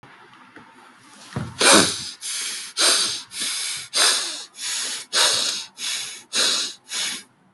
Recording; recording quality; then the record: shallow breathing; moderate, slight background noise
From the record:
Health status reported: healthy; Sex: male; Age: 25 years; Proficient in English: yes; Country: India